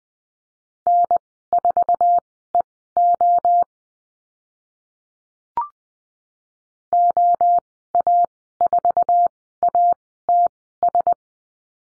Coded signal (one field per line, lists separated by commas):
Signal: Morse code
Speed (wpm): 20 wpm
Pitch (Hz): 700 Hz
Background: none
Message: N4EO OA4ATS